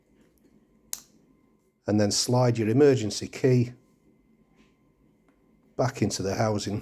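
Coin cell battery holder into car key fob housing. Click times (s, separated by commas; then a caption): 0.9 s. A plastic battery holder holding a CR2032 coin cell laid face down is pushed back into an Audi A4 key fob housing and gives a single sharp click at 0.9 s as it seats home. Someone then talks.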